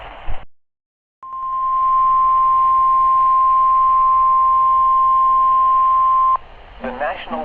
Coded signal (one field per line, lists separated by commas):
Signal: Emergency Alert System (SAME) tones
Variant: 1050 Hz attention tone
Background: speech